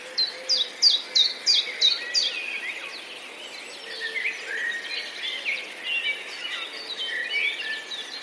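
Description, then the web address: Common chiffchaff song: six clipped, high, descending notes in quick regular sequence, then it stops and a jumble of chirping, twittering small birds carries on. Recorded 8 May 2022. "wroblowe kontra pierwiosnek 08 05 2022"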